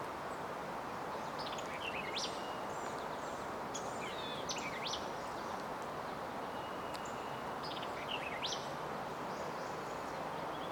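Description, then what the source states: White-eyed vireo song: several phrases of sharp, slurred high notes over a steady loud background hiss. Recorded at Lake Crabtree on 16 April 2018.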